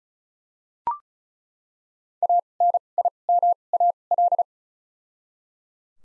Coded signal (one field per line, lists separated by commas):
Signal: Morse code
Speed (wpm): 36 wpm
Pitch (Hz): 700 Hz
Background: none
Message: A N I M A L